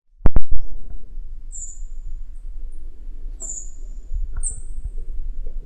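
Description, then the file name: Togian white-eye: a few high, thin notes follow two loud knocks at the start, over low rumbling noise. Togian Islands. "kacamata togian"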